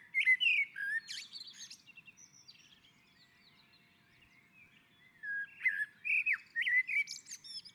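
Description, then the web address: Common blackbird singing a fluting phrase with scratchy high notes, a quiet gap, then another whistled, twittering phrase. On a roof. "Naturinspelningar Koltrast på taket"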